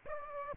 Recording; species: mosquito wingbeat signal from an infrared sensor; Aedes aegypti